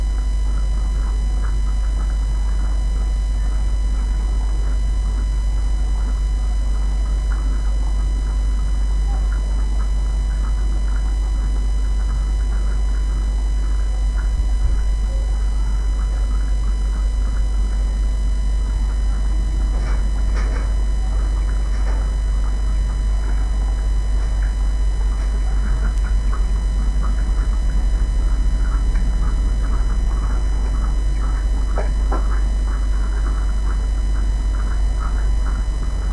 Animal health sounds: poultry house recording; sick chickens (respiratory disease)

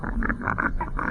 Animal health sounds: poultry house recording; sick chickens (respiratory disease)

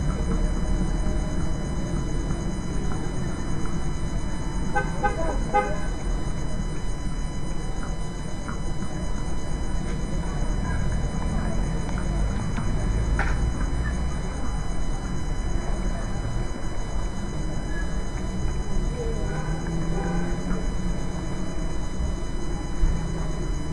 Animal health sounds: poultry house recording; healthy chickens

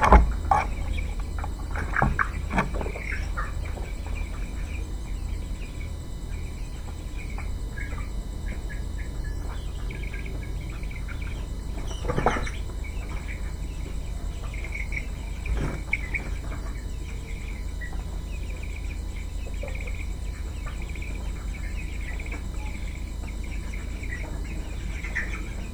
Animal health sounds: poultry house recording; healthy chickens

